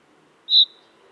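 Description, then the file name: Common chaffinch: a single short, sharp high call note with a slight trailing tail, soft background noise. "Fringilla coelebs"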